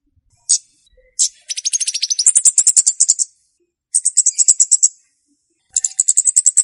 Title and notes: Kicau Untuk Pancing Burung Kemade ( Cabe Cabean). Suara Burung Cabe Cabean Pikat